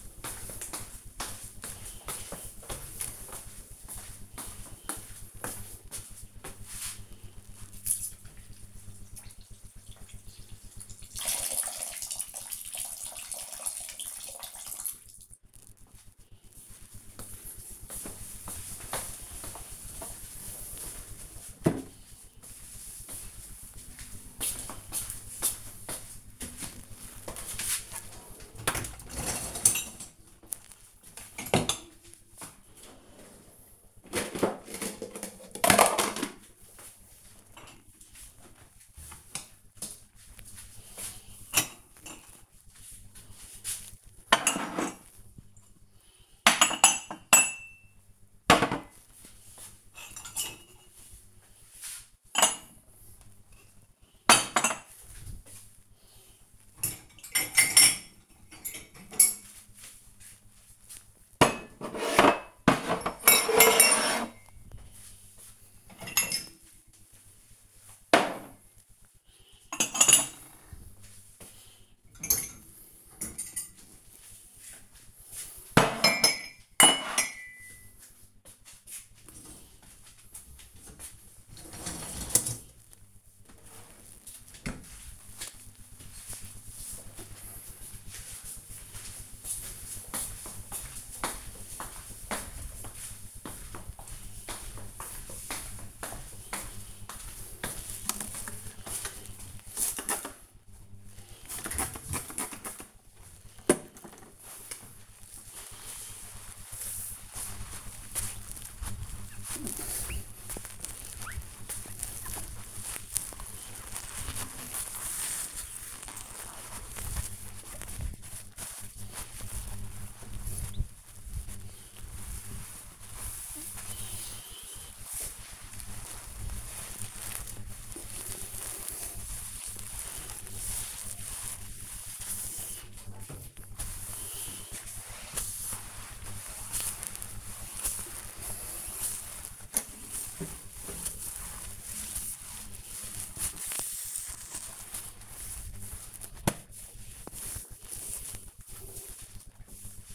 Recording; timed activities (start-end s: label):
household activities, microphone on the right wrist
0.00-14.87 s: watering plant
26.97-84.35 s: cleaning out the dishwasher
97.42-146.75 s: window cleaning